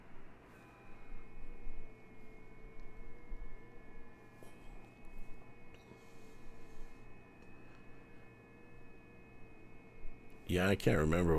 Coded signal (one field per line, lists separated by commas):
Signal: FT8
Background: speech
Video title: HAM RADIO COLORADO